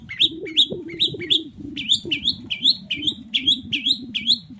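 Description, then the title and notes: Long-tailed shrike song: repeated upslurred whistled notes in a steady series over a low rumbling background noise. Morning song with full "toet toet" variations from a constantly singing (gacor) bird, used as a lure to provoke other long-tailed shrikes to answer. "Langsung NYAUTTTTT ! Cendet Gacor Dor Di Kala Pagi Toet Toet Variasi Suara. Pancingan Emosi Cendet Gacor Full Variasi Toet Toet Bikin Nyaut Cendet Lain Langsung Ikutan Bunyi. Burung cendet"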